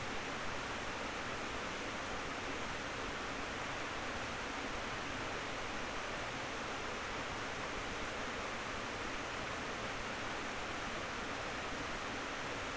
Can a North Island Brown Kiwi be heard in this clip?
no